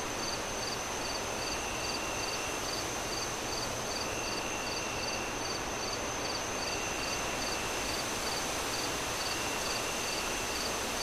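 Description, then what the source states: Steady cricket chirping, quick evenly spaced pulses with a high continuous tone, heard through unbroken gusty wind noise. Crickets chirping on a windy night as the moon rises, with wind howling through the trees.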